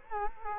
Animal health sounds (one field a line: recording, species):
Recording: mosquito wingbeat signal from an infrared sensor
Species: Culex quinquefasciatus